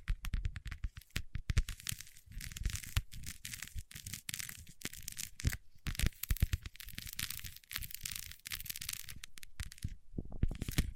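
Fingertips covered in wax rub and tap, making dense, sticky crackles and crinkly scrapes that come in quick irregular bursts throughout. The sound is bright and crisp with a soft low thump under the touches, and a brief quieter pause comes near the end.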